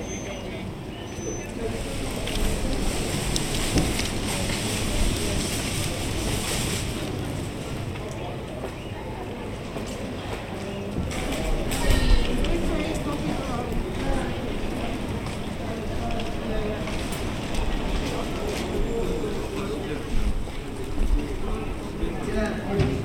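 Shoppers and passersby chatter in a busy square, a steady murmur of overlapping voices with occasional louder bursts and a low rumble underneath.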